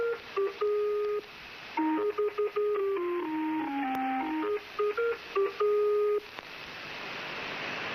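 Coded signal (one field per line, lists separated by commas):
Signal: numbers station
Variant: Lincolnshire Poacher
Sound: a tinny electronic folk-tune melody of short stepped notes, repeated phrases, over hiss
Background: radio static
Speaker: This is the Lincolnshire Poacher. It's a pretty famous number station, and it's still broadcasting. I don't know from where, but if I'm not mistaken, it's it's MI6 operated.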